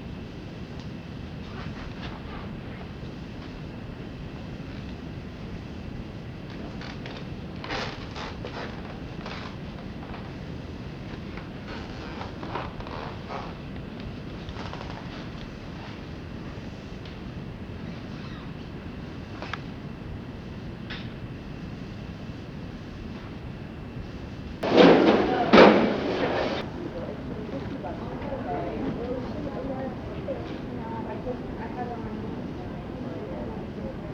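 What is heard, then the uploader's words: A field recording made on the move, with a steady low rumble like a vehicle or train underneath throughout. Faint voices and short clicks or knocks come and go, and around 25 seconds a louder burst of clattering rises above the background before settling back. Framework:afield produced in the united states by jeph jerman, featuring field recordings made while touring.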